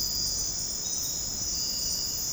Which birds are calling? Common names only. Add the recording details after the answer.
none. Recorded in dense forest near Puerto Asís, Putumayo, Colombia, on 19 February 2024 at 02:30. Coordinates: 0.486, -76.316. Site G6437